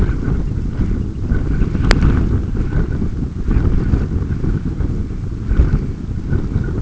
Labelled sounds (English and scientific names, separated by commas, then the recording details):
unidentified sound, Dunlin (Calidris alpina)
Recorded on Arctic tundra, site UTQI-5, on 26 June 2018
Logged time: 20:00